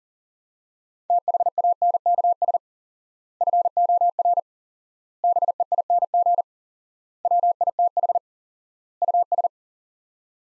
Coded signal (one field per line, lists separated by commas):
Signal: Morse code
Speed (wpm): 40 wpm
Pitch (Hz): 700 Hz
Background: none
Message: THANKS FOR BEING WITH US